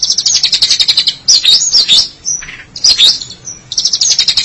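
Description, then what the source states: Long-tailed Shrike song: rapid high chirping trills broken by short scratchy, buzzy phrases, with a brief pause and renewed chattering near the end. Recorded March 2017.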